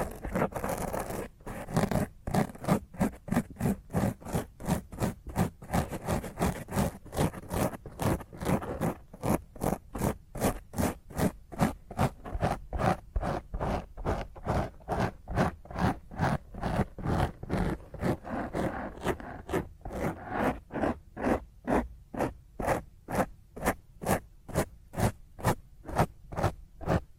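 Fingernails scratch roughly across a microphone in fast, regular strokes, about two per second, each a harsh rasp, continuing steadily throughout.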